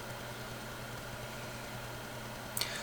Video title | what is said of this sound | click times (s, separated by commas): How to replace interior door handle on a 2011 GMC Sierra 2500 | This one doesn't snap so much. It does seat, | 2.6 s